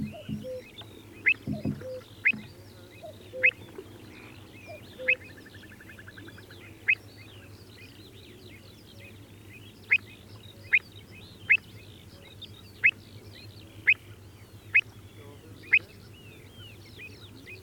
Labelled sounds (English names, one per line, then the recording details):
Pied Avocet call
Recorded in the wild
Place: Glewitz, Insel Rügen, Mecklenburg-Vorpommern
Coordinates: 54.252, 13.299
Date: 1975-06-07
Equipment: Nagra III BH, Sennheiser MD 21, parabola
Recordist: Schubert, Michael